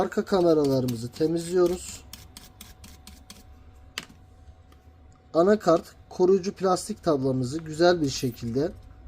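Someone talks while handling the protective plastic cover over the mainboard of a Samsung Galaxy A03, with a few light ticks and a sharper tap near 4.0 s. The cover is being moved toward its seat on the phone, but nothing has seated or clicked yet.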